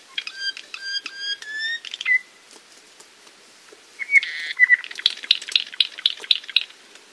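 Apapane singing: a run of harmonic notes and a clear whistle, a pause, then a buzzy note with a few clear whistles and a rapid series of harmonic chips.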